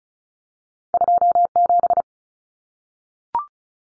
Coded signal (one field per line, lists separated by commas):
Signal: Morse code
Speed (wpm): 34 wpm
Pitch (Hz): 700 Hz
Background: none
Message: 27